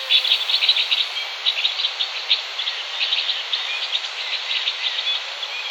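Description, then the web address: Two-barred crossbill calls, a dense chatter of rapid high chips running steadily throughout. "fagelljud nagra bandelkorsnabb"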